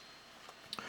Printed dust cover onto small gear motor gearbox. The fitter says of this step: Now if you have the dual shaft one, here's a dual shaft dust cover that'll slide over the mechanism and it'll snap in place.